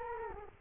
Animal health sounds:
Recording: mosquito wingbeat signal from an infrared sensor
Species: Culex quinquefasciatus

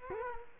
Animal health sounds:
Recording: mosquito wingbeat signal from an infrared sensor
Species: Culex quinquefasciatus

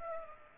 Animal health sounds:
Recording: mosquito wingbeat signal from an infrared sensor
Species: Aedes aegypti

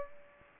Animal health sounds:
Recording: mosquito wingbeat signal from an infrared sensor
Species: Aedes aegypti

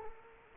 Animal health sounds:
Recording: mosquito wingbeat signal from an infrared sensor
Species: Culex quinquefasciatus

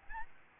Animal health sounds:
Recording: mosquito wingbeat signal from an infrared sensor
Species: Aedes albopictus

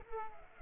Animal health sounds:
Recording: mosquito wingbeat signal from an infrared sensor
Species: Culex pipiens

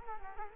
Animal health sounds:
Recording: mosquito wingbeat signal from an infrared sensor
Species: Culex quinquefasciatus

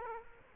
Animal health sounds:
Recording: mosquito wingbeat signal from an infrared sensor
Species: Aedes aegypti

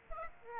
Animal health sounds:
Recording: mosquito wingbeat signal from an infrared sensor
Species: Aedes aegypti

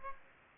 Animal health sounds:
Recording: mosquito wingbeat signal from an infrared sensor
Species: Aedes aegypti

